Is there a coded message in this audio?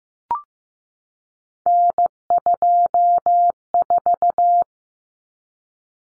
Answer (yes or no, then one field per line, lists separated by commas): yes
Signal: Morse code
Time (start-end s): 1.7-4.6 s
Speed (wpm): 15 wpm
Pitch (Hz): 700 Hz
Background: none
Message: N24